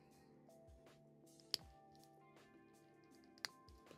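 A plastic piece is pressed onto a model's foot assembly and snaps in with two sharp clicks at 1.5 and 3.5 seconds, seating the foot part. Music plays softly underneath.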